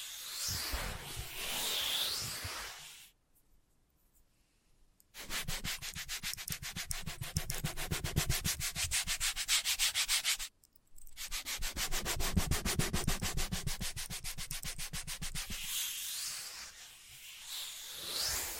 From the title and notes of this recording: Invisible Tapping, Scratching, Tracing.